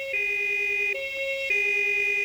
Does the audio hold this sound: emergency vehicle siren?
yes